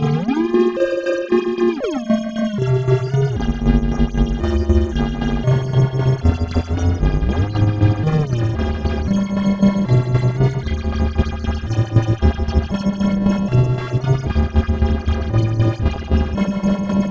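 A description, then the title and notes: A resonant bass drone sits loud, its deep tone stepping between a few pitches every second or two over a thick, buzzing layer of upper tones. Gliding, wavering notes open the first two seconds, and the level stays steady throughout. Resonant Bass Drone by daemonElectricity.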